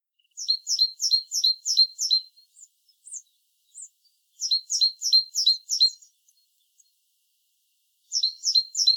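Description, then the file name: Great tit calls in quick repeated series of high, sharp double notes, three bursts of four to six, with scattered single thin notes in between. "Parus major"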